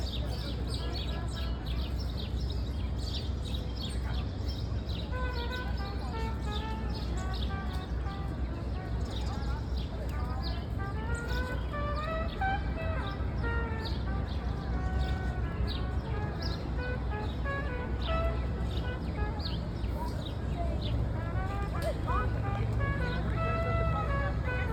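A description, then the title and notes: A lake in a city park, with a steady low rumble of traffic under everything. Many people talk at once, their overlapping voices rising and falling throughout, and a few bird chirps come through now and then. A quick sights and sound of a lake at Central Park during our New York City vacation.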